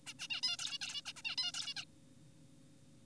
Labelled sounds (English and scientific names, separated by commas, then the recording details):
Zebra Finch (Taeniopygia guttata)
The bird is an adult
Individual g4p5U